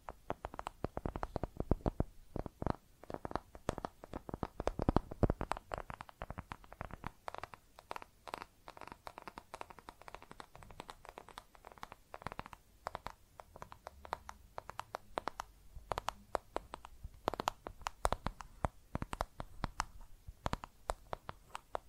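Makeup being tapped and scratched, with quick, dense clicks and taps running the whole way through at an irregular, busy pace. The sharp hits are crisp and bright, with soft scratching between them and a few low thumps around the middle.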